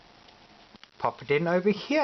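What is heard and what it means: A microSD card is pushed into the card slot of the camera module on an iDrone i3s drone and seats. Two small sharp clicks sound at 0.8 s and 0.8 s as it goes in. Someone then talks.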